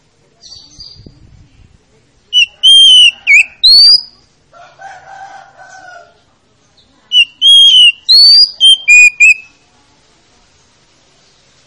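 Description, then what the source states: Oriental magpie-robin singing two bursts of rich whistles and sharp chirps, separated by a quieter pause with a low hum-like tone. Lure to make a reluctant magpie-robin (kacer) that is lazy to sing start singing.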